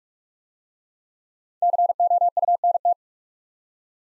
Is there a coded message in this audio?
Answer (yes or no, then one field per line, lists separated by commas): yes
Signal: Morse code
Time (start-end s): 1.6-2.9 s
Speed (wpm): 46 wpm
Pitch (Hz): 700 Hz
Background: none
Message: COUNT